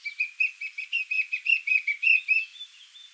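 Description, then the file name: Eurasian blackcap song: clear repeated notes in a quick, steady series, fading out at the end. "Sylvia atricapilla"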